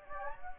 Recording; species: mosquito wingbeat signal from an infrared sensor; Anopheles gambiae